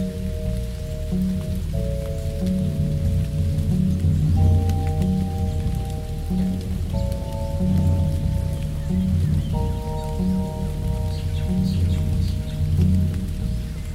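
Soft exotica music with steady rising chords every few seconds and a gentle pulsing low beat plays over continuous patter of rain.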